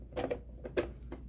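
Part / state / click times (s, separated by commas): plastic cover going onto a stamp printer body / not seated / none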